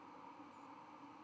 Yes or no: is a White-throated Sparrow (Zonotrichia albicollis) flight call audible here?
yes